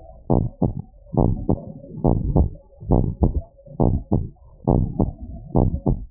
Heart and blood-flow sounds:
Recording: heart sounds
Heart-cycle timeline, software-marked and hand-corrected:
0.00	0.31	diastole
0.31	0.45	S1
0.45	0.63	systole
0.63	0.73	S2
0.73	1.19	diastole
1.19	1.35	S1
1.35	1.51	systole
1.51	1.61	S2
1.61	2.05	diastole
2.05	2.21	S1
2.21	2.37	systole
2.37	2.49	S2
2.49	2.91	diastole
2.91	3.05	S1
3.05	3.21	systole
3.21	3.35	S2
3.35	3.81	diastole
3.81	3.95	S1
3.95	4.13	systole
4.13	4.25	S2
4.25	4.69	diastole
4.69	4.85	S1
4.85	4.99	systole
4.99	5.09	S2
5.09	5.57	diastole
5.57	5.71	S1
5.71	5.87	systole
5.87	5.99	S2
5.99	6.11	diastole
From the record:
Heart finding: normal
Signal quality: good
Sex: male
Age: 58 years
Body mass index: 23.4

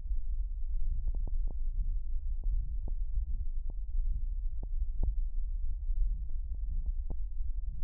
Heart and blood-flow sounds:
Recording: heart sounds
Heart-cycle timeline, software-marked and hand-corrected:
not marked
From the record:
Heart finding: aortic stenosis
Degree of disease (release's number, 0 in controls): 2 to 3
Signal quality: poor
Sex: male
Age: 70 years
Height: 1.7 m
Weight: 95 kg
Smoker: yes

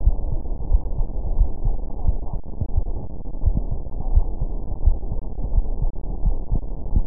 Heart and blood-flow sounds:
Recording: heart sounds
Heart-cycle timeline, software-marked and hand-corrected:
0.00	0.04	diastole
0.04	0.16	S1
0.16	0.28	systole
0.28	0.38	S2
0.38	0.70	diastole
0.70	0.82	S1
0.82	0.96	systole
0.96	1.06	S2
1.06	1.34	diastole
1.34	1.48	S1
1.48	1.64	systole
1.64	1.76	S2
1.76	2.06	diastole
2.06	2.18	S1
2.18	2.34	systole
2.34	2.42	S2
2.42	2.76	diastole
2.76	2.88	S1
2.88	3.02	systole
3.02	3.12	S2
3.12	3.44	diastole
3.44	3.56	S1
3.56	3.70	systole
3.70	3.80	S2
3.80	4.10	diastole
4.10	4.28	S1
4.28	4.42	systole
4.42	4.52	S2
4.52	4.84	diastole
4.84	4.98	S1
4.98	5.12	systole
5.12	5.22	S2
5.22	5.54	diastole
5.54	5.66	S1
5.66	5.80	systole
5.80	5.90	S2
5.90	6.24	diastole
6.24	6.38	S1
6.38	6.52	systole
6.52	6.60	S2
6.60	6.92	diastole
6.92	7.04	S1
7.04	7.07	systole
From the record:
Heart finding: coronary artery disease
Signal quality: good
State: rest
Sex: female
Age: 60 years

